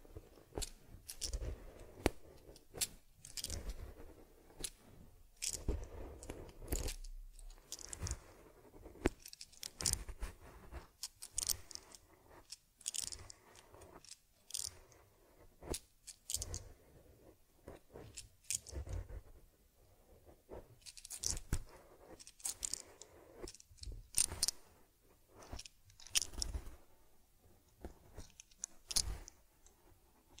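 Someone tends to a teddy bear, with head massage, cleansing, fur combing and ear cleaning. Quick scratchy strokes, crisp clicks and rustles come in dense, irregular bursts throughout, with soft low thumps in the first several seconds and brief quiet gaps between.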